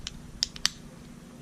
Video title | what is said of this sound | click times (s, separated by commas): Victorinox TimeKeeper Discontinued Swiss Army Knife Unboxing and Review | then snaps back into the scale like so | 0.6 s